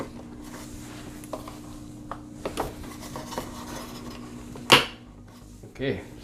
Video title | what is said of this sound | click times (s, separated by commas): Low Pressure? How to Fix Breville Barista Express | so you heard that click now you may not hear the click | 4.7 s